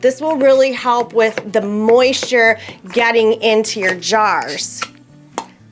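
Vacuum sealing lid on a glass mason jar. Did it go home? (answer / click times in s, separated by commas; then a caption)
yes / 5.4 s. A vacuum sealing lid on a glass mason jar, after air has been hand-pumped out through the lid, seals when the pump top is taken off. Someone talks for most of the clip, then a single sharp click is heard at 5.4 s. The lid clicks sealed.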